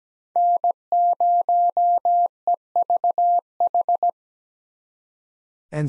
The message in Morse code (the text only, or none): N0EVH